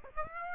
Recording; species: mosquito wingbeat signal from an infrared sensor; Aedes aegypti